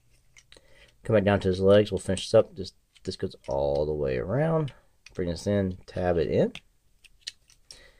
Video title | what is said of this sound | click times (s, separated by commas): Transformers Siege IRONHIDE Review | back around until it locks in place. | 0.5 s